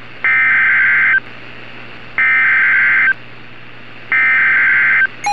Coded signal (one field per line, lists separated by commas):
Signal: Emergency Alert System (SAME) tones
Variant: header bursts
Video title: EAS SCENARIO: Above The Clouds